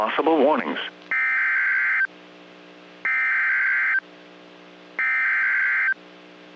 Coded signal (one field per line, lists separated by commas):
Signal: Emergency Alert System (SAME) tones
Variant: header bursts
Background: speech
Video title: EAS Compilation, Severe Weather Outbreak: March 21, 2022 on NOAA Weather Radio Station KEC55